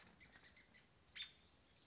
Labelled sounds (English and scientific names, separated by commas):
American Robin (Turdus migratorius)